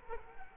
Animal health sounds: mosquito wingbeat signal from an infrared sensor; Culex quinquefasciatus

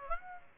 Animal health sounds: mosquito wingbeat signal from an infrared sensor; Aedes aegypti

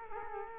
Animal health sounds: mosquito wingbeat signal from an infrared sensor; Culex quinquefasciatus

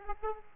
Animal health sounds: mosquito wingbeat signal from an infrared sensor; Aedes aegypti

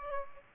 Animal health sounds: mosquito wingbeat signal from an infrared sensor; Aedes aegypti

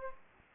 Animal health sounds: mosquito wingbeat signal from an infrared sensor; Anopheles gambiae

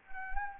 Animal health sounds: mosquito wingbeat signal from an infrared sensor; Anopheles arabiensis

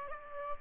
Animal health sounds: mosquito wingbeat signal from an infrared sensor; Aedes aegypti

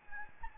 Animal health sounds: mosquito wingbeat signal from an infrared sensor; Anopheles gambiae

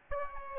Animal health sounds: mosquito wingbeat signal from an infrared sensor; Aedes albopictus

